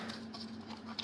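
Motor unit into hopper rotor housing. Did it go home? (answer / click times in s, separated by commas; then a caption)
no / none. A plastic motor unit with its shark fin in position is handled above the plastic housing of a mini hopper rotor, ready to be pressed down into it. A steady low hum runs under soft handling and tapping noises, with a brief sharper tap at about 1.1 s. Nothing has seated or clicked into place yet.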